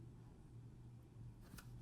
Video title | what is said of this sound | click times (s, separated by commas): Official iPhone 6 Plus Display Assembly Replacement Guide - iCracked.com | press it down and you'll feel an audible click and a drop lastly | 1.6 s